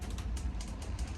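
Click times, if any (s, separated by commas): 0.2 s, 0.4 s, 0.6 s, 0.8 s, 1.0 s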